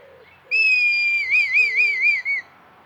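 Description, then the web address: Red kite whistled call: a long, slightly falling whistle that breaks into a rapid quavering, wavering series of notes, with a few soft low whistles in the background. "sound Red-kite. صدای-پرنده-کورکور-حنایی"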